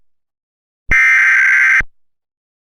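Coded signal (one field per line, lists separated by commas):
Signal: Emergency Alert System (SAME) tones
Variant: header bursts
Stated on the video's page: Fictional WW3 EAS scenario, not a real alert.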